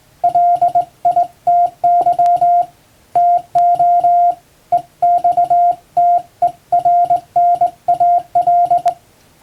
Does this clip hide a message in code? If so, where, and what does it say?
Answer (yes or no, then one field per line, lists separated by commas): yes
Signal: Morse code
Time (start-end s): 0.2-8.9 s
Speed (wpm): 20 wpm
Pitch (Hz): 700 Hz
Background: music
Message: LITY TO EXTERNAL